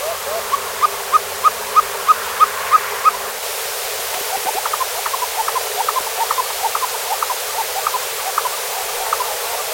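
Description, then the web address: Least Seedsnipe song: evenly spaced short mid-pitched notes repeated about three per second, then a quicker, more irregular run of similar notes over steady hiss. Argentina. "cantos agachochica"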